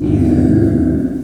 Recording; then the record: squeal of a Yucatan mini pig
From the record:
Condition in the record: after surgery on the right vocal fold (resection and tissue-engineered implant); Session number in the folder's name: 1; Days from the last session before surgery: 13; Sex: female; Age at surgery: 19 weeks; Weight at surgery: 25 kg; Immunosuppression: prednisolone